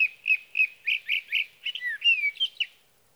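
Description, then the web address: Sage thrasher song starting with a series of repeated short notes, followed by a fast tumbling run of warbled, slurred whistles. "birdsongforthecurious Sage Thrasher"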